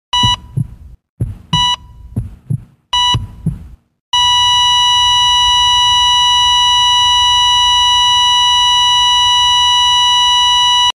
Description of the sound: Ekg heart monitor followed by flatline.